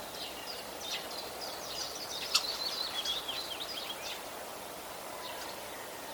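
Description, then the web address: Common starling chatter: a run of squeaky, whistled and rattling notes packed together for about four seconds, fading to a few faint notes against a hissy background. "vogelstimmen star ruf nabu lars lachmann"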